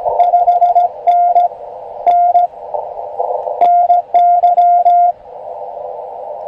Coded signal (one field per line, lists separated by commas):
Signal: Morse code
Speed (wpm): 17 wpm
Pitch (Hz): 1400 Hz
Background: radio noise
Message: 5NN NY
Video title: POTA Parks on the Air Activation CW Morse Code Practice US 1940 Caesar Creek State Park Ham Radio